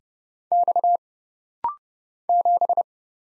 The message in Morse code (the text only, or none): X 7